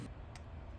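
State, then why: Not seated. A charging cable plug is handled at a newly installed replacement charging port in an iPhone 13 Pro, to test that it connects properly, snaps in and stays in place. A steady low rumble runs throughout, with a faint, brief high tick around 0.4 s. Nothing has seated or clicked yet.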